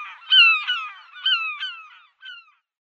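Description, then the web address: European herring gull giving a laughing series of nasal, downslurred notes, generally weakening toward the end. "European Herring Gull"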